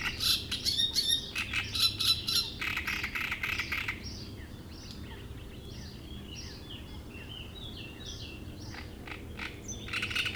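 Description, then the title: Great reed warbler with harsh, squeaky repeated notes for about four seconds, then a calmer spell of softer chirps before loud grating notes return. Reed bed at Chatillon beach, Chindrieux, France; harsh, strident song; a migrant that comes from Africa and can sing day and night. "Roselière plage Chatillon, Chindrieux, France - Rousserole turdoïde"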